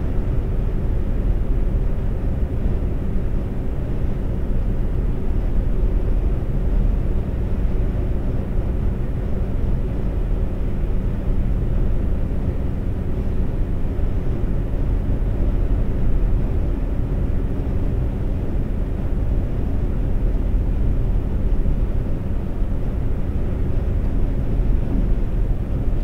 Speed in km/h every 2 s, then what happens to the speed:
127, 127, 127, 127, 127, 127, 127, 127, 127, 127, 127, 127, 127.
0-26 steady at about 127.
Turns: none.